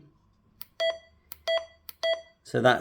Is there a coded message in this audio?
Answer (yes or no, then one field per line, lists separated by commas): no